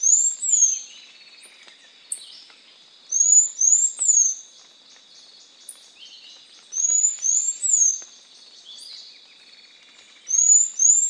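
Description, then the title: Bird song: groups of high whistled slurred notes repeated every few seconds, with soft chirps between the groups over a steady high drone. "LuckyPassaro Completos2Sama"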